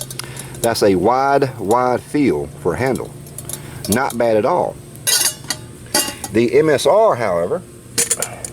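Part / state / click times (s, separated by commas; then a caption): folding handle locking open on a metal cook pot / not seated / none. Someone talks while handling a metal cook pot with a folding handle, with metal clinks and clanks around 5.0 to 6.0 seconds and again near 8.1 to 8.5 seconds. The handle's locking mechanism has not yet snapped into place; nothing has seated or clicked by the end of the clip.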